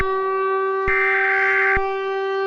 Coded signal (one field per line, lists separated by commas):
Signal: Emergency Alert System (SAME) tones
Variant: header bursts